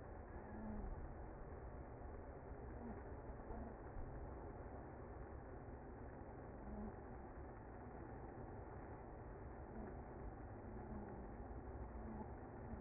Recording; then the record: honeybee colony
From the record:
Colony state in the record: active